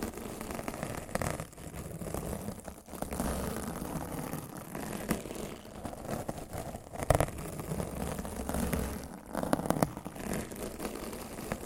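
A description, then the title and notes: Rough scratching and brushing on a microphone, a dense, continuous rasping rumble weighted toward the low end. Sharper scrapes break through every second or two, with brighter bursts near 7 and 9.5 seconds. The rustle never stops. ASMR Rough Mic Scratching & Brushing (No Talking).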